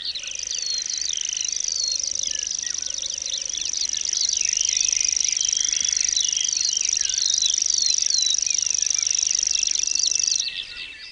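Common grasshopper warbler reeling: a high, dry, insect-like trill held unbroken for about ten seconds, with other birds chirping and whistling underneath.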